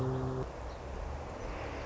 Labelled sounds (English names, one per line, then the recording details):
Song Sparrow
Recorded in Sonoma County, California